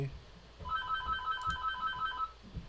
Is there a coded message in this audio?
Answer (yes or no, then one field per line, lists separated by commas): no